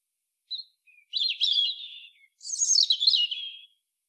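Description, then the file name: European robin singing: a thin high note, then two tumbling warbled phrases, the second pitched higher and sliding downward, in an otherwise quiet background. "Erithacus rubecula"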